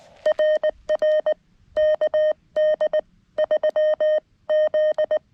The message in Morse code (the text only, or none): RR KD 3 Z